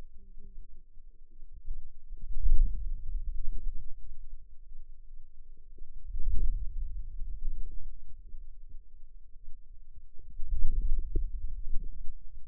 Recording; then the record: forearm muscle sounds (acoustic myography)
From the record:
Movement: radial deviation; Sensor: system 2, bracelet of six BSWA MPA416 microphones around the upper forearm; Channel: 1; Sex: female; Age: 21 years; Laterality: right